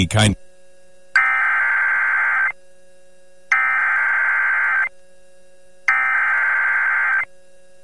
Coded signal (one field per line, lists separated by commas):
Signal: Emergency Alert System (SAME) tones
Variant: header bursts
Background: speech